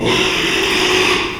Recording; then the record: squeal of a Yucatan mini pig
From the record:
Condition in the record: after surgery on the right vocal fold (resection and tissue-engineered implant); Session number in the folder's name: 1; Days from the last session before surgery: 6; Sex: male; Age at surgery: 12 weeks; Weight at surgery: 13 kg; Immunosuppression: cyclosporine, prednisolone